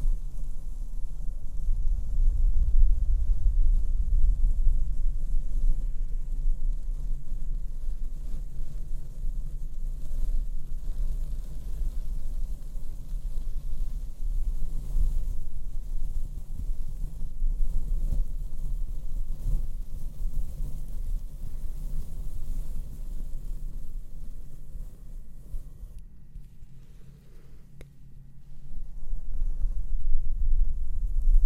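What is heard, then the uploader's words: Slow mic brushing and blowing make a dense, low rumbling rush that fills the whole stretch, with soft swells rather than sharp hits. The level holds fairly steady, thins into a quieter dip around 26–29 seconds, then swells back up near the end. ASMR super slow mic brushing & blowing - bassy, binaural, no makeup.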